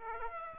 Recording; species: mosquito wingbeat signal from an infrared sensor; Aedes aegypti